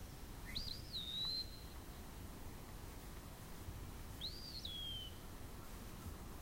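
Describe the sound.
Eastern wood-pewee song: two plaintive slurred whistles a few seconds apart, the second falling away at its end, over steady background noise.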